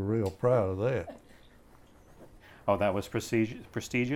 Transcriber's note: chuckles